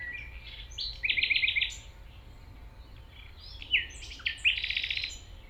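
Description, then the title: Common nightingale song with rapid buzzy trills of repeated notes, a pause, then sharp upslurred notes and another quick rattling trill. 195 Rue de Vars, Chindrieux, France; recordist approaching on foot through tall grass; nightingale is deaf to outside noise while singing. "195 Rue de Vars, Chindrieux, France - approche d'un rossignol"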